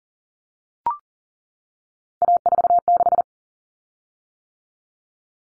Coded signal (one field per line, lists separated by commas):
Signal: Morse code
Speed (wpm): 40 wpm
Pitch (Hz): 700 Hz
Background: none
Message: A46